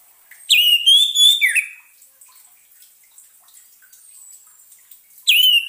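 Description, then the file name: Orange-headed thrush song: a rich whistled phrase of several slurred notes, a long pause with faint background hiss, then a new phrase begins. Played as a lure sound to keep a bird from getting stressed. "suara pancingan burung anis merah agar tidak stress"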